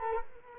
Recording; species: mosquito wingbeat signal from an infrared sensor; Culex quinquefasciatus